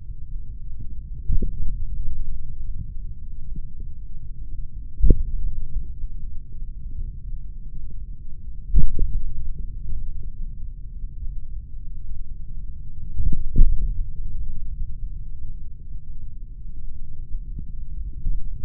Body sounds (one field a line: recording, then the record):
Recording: forearm muscle sounds (acoustic myography)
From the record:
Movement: tripod grip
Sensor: system 3, bracelet of six PUI Audio POM-2738L microphones around the upper forearm, with dedicated amplification and filtering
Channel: 6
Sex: male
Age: 26 years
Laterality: right